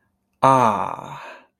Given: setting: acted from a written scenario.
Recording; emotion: vocal sound without words; realization